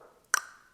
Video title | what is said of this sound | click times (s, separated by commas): Lets talk restraints | click in. And then as it slightly moves again, the second paw clicks in. | 0.3 s